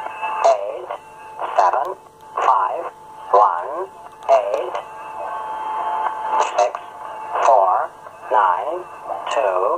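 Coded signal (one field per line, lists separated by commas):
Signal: numbers station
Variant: English Man, English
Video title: Zahlensender - Number Station - English Man - 11525kHz USB - 16.02.2020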